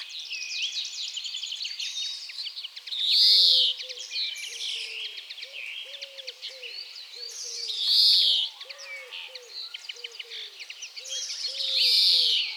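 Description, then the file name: European greenfinch repeating a buzzy, nasal wheeze three times, set against busy high twittering and a run of short, low, repeated notes from another bird. "Chloris chloris"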